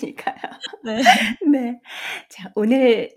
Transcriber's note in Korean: 웃음